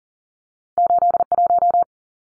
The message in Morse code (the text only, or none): 81